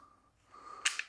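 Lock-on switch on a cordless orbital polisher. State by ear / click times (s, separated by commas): seated / 0.9 s, 1.0 s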